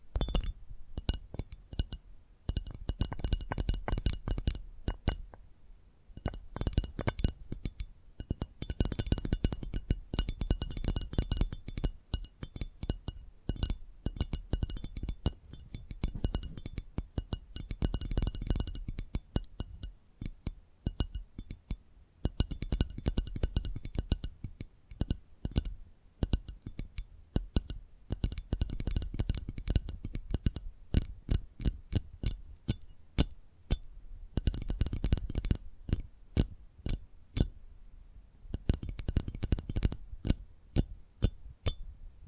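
Rapid tapping triggers: a dense run of sharp clicks and knocks that continues almost without pause. The taps come in quick bursts with brief gaps, some bright and glassy like light clinks, others duller, staying steady in pace throughout.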